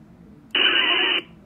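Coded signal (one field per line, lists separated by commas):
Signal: HF data modem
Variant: VARA HF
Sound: one short burst of wideband hissing data, about two thirds of a second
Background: radio static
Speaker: and there you hear it now listen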